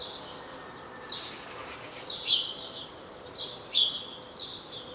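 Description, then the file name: House sparrow chirps, soft and blurred, with a few louder notes over steady background noise. "Passer domesticus"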